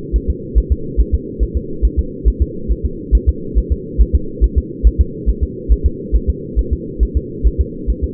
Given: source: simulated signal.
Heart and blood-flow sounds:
fetal heart sounds
0.16 s: S1
0.30 s: S2
0.58 s: S1
0.72 s: S2
1.01 s: S1
1.14 s: S2
1.43 s: S1
1.57 s: S2
1.85 s: S1
1.99 s: S2
2.28 s: S1
2.42 s: S2
2.71 s: S1
2.85 s: S2
3.15 s: S1
3.29 s: S2
3.58 s: S1
3.72 s: S2
4.01 s: S1
4.15 s: S2
4.44 s: S1
4.58 s: S2
4.87 s: S1
5.01 s: S2
5.29 s: S1
5.43 s: S2
5.72 s: S1
5.86 s: S2
6.16 s: S1
6.29 s: S2
6.59 s: S1
6.73 s: S2
7.03 s: S1
7.17 s: S2
7.47 s: S1
7.61 s: S2
7.90 s: S1
8.04 s: S2
From the record:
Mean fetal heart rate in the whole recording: 140 bpm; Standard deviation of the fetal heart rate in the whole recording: 2 bpm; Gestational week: 34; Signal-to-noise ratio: -4.3 dB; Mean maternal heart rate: 72 bpm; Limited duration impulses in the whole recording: absent

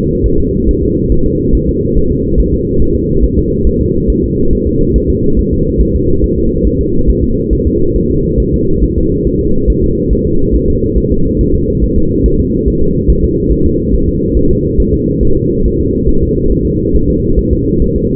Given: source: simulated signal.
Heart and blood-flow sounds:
fetal heart sounds
0.26 s: S1
0.40 s: S2
0.69 s: S1
0.83 s: S2
1.12 s: S1
1.26 s: S2
1.55 s: S1
1.69 s: S2
1.97 s: S1
2.12 s: S2
2.40 s: S1
2.54 s: S2
2.82 s: S1
2.96 s: S2
3.25 s: S1
3.39 s: S2
3.67 s: S1
3.81 s: S2
4.10 s: S1
4.24 s: S2
4.53 s: S1
4.67 s: S2
4.96 s: S1
5.10 s: S2
5.39 s: S1
5.53 s: S2
5.81 s: S1
5.96 s: S2
6.24 s: S1
6.38 s: S2
6.67 s: S1
6.81 s: S2
7.10 s: S1
7.24 s: S2
7.53 s: S1
7.67 s: S2
7.96 s: S1
8.11 s: S2
8.40 s: S1
8.54 s: S2
8.84 s: S1
8.98 s: S2
9.27 s: S1
9.41 s: S2
9.70 s: S1
9.84 s: S2
10.13 s: S1
10.27 s: S2
10.55 s: S1
10.70 s: S2
10.98 s: S1
11.12 s: S2
11.41 s: S1
11.55 s: S2
11.84 s: S1
11.98 s: S2
12.26 s: S1
12.40 s: S2
12.68 s: S1
12.83 s: S2
13.10 s: S1
13.25 s: S2
13.52 s: S1
13.66 s: S2
13.95 s: S1
14.09 s: S2
14.37 s: S1
14.51 s: S2
14.80 s: S1
14.94 s: S2
15.23 s: S1
15.37 s: S2
15.66 s: S1
15.80 s: S2
16.09 s: S1
16.23 s: S2
16.52 s: S1
16.66 s: S2
16.96 s: S1
17.10 s: S2
17.39 s: S1
17.53 s: S2
17.82 s: S1
17.96 s: S2
From the record:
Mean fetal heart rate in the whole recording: 140 bpm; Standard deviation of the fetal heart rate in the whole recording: 2 bpm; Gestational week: 34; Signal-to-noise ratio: -16.4 dB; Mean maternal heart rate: 72 bpm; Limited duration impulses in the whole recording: present

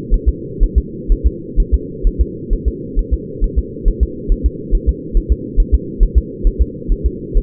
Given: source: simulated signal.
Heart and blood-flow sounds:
fetal heart sounds
0.14 s: S1
0.29 s: S2
0.63 s: S1
0.78 s: S2
1.12 s: S1
1.27 s: S2
1.60 s: S1
1.74 s: S2
2.07 s: S1
2.21 s: S2
2.53 s: S1
2.68 s: S2
2.99 s: S1
3.14 s: S2
3.44 s: S1
3.59 s: S2
3.88 s: S1
4.03 s: S2
4.32 s: S1
4.46 s: S2
4.75 s: S1
4.89 s: S2
5.17 s: S1
5.32 s: S2
5.60 s: S1
5.75 s: S2
6.03 s: S1
6.18 s: S2
6.47 s: S1
6.62 s: S2
6.92 s: S1
7.06 s: S2
7.38 s: S1
From the record:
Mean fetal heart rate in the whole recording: 130 bpm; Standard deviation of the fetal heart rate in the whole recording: 4 bpm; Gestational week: 38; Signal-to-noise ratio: -4.1 dB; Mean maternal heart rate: no maternal heart sound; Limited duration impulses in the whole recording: absent

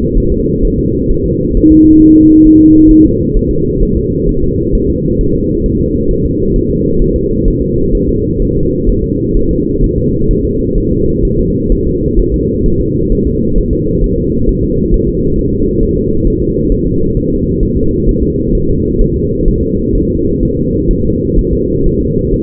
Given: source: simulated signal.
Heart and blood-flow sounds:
fetal heart sounds
0.17 s: S1
0.32 s: S2
0.65 s: S1
0.79 s: S2
1.11 s: S1
1.26 s: S2
1.57 s: S1
1.72 s: S2
2.02 s: S1
2.16 s: S2
2.47 s: S1
2.61 s: S2
2.91 s: S1
3.06 s: S2
3.36 s: S1
3.51 s: S2
3.83 s: S1
3.97 s: S2
4.29 s: S1
4.43 s: S2
4.75 s: S1
4.90 s: S2
5.21 s: S1
5.35 s: S2
5.66 s: S1
5.81 s: S2
6.11 s: S1
6.25 s: S2
6.56 s: S1
6.70 s: S2
7.02 s: S1
7.16 s: S2
7.48 s: S1
7.62 s: S2
7.95 s: S1
8.09 s: S2
8.42 s: S1
8.57 s: S2
8.89 s: S1
9.04 s: S2
9.37 s: S1
9.51 s: S2
9.84 s: S1
9.98 s: S2
10.31 s: S1
10.45 s: S2
10.78 s: S1
10.92 s: S2
11.25 s: S1
11.39 s: S2
11.72 s: S1
11.87 s: S2
12.19 s: S1
12.34 s: S2
12.66 s: S1
12.81 s: S2
13.12 s: S1
13.27 s: S2
13.58 s: S1
13.73 s: S2
14.04 s: S1
14.18 s: S2
14.49 s: S1
14.64 s: S2
14.94 s: S1
15.08 s: S2
15.39 s: S1
15.53 s: S2
15.83 s: S1
15.97 s: S2
16.27 s: S1
16.42 s: S2
16.72 s: S1
16.86 s: S2
17.17 s: S1
17.32 s: S2
17.63 s: S1
17.77 s: S2
18.09 s: S1
18.23 s: S2
18.55 s: S1
18.69 s: S2
19.02 s: S1
19.16 s: S2
19.48 s: S1
19.63 s: S2
19.95 s: S1
20.10 s: S2
20.43 s: S1
20.57 s: S2
20.91 s: S1
21.05 s: S2
21.39 s: S1
21.53 s: S2
21.86 s: S1
22.01 s: S2
22.34 s: S1
From the record:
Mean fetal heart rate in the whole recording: 130 bpm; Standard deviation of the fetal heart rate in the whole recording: 4 bpm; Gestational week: 38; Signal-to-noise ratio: -15.3 dB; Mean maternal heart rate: 72 bpm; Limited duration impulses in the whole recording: present

